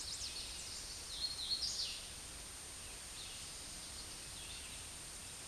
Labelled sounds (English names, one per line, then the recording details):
Hooded Warbler song
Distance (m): 10 m
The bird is about 5 m above the microphone
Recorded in a Pennsylvania forest on 16 May 2024 at 07:55
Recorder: AudioMoth, point MSD-0398
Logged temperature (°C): 16.4 °C
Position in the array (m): 141 m, 89 m